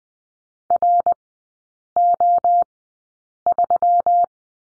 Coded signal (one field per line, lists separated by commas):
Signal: Morse code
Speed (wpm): 20 wpm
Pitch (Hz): 700 Hz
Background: none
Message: RO3